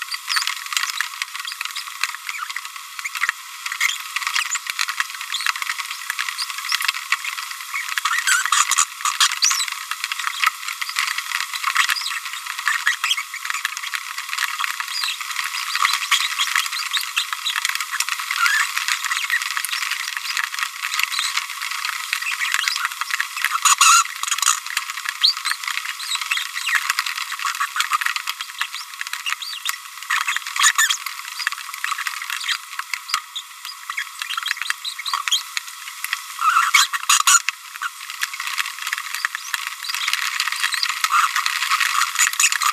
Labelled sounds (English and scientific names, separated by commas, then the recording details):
Green-rumped Parrotlet (Forpus passerinus) babbling
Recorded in a nest box in Venezuela
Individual 18B25A5